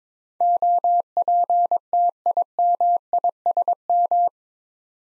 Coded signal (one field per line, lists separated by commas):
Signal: Morse code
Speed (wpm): 21 wpm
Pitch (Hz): 700 Hz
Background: none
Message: OPTIMISM